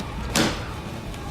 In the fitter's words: that's it. Just pops right in.